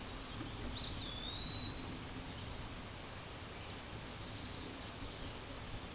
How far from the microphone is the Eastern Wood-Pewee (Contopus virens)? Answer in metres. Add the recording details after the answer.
about 20 m. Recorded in a Pennsylvania forest on 18 May 2023 at 14:11. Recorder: AudioMoth, point grid1_39_low. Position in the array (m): 207 m, 191 m